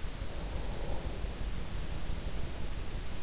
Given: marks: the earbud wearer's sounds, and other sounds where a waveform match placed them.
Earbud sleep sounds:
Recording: sounds in sleep by an in-ear microphone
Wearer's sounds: breath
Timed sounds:
0.02-3.22 s: breath

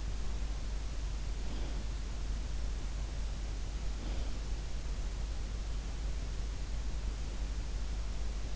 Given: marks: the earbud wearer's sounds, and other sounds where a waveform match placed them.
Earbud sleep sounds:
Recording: sounds in sleep by an in-ear microphone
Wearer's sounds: breath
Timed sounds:
1.41-1.83 s: breath
3.86-4.43 s: breath

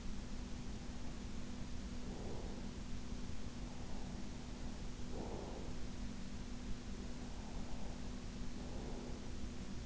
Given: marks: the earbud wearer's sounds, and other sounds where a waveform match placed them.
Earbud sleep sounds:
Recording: sounds in sleep by an in-ear microphone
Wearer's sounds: breath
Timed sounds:
1.07-3.14 s: breath
3.85-5.92 s: breath
7.15-9.86 s: breath

